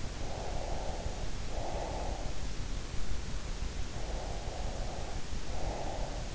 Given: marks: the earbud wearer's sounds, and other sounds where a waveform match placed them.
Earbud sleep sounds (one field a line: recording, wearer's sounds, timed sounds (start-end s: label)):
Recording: sounds in sleep by an in-ear microphone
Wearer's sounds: breath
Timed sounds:
0.22-2.41 s: breath
4.03-6.35 s: breath